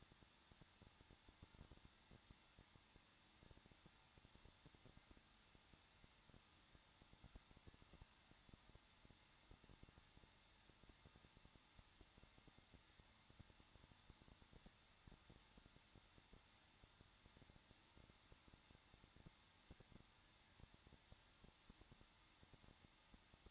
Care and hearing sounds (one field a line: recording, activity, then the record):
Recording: daily activity, microphone in the room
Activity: no activity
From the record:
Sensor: 3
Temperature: 21.2 degrees Celsius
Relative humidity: 36.4%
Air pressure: 1006.4 hPa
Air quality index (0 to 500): 224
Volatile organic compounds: 44 ppm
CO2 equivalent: 3211 ppm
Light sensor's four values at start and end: 2/3/2/2 and 2/3/2/2